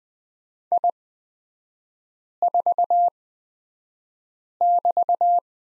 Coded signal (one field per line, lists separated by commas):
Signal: Morse code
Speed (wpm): 20 wpm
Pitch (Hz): 700 Hz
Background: none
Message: I4<BT>